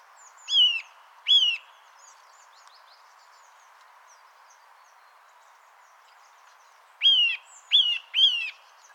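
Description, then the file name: Eurasian nuthatch giving loud, clear whistled calls, each note arching up then down; two calls early, then a quick run of three after a pause. "Sitta europaea"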